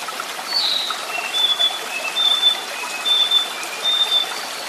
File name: xiao xi de diao er-stream and bird